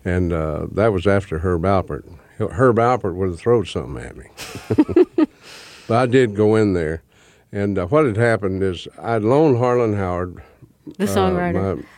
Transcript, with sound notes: and that was after Herb Alpert. Herb Alpert would throw something at me. (Soundbite of laughter) So I did go in there. And what had happened is I'd loaned Harlan Howard...
The songwriter?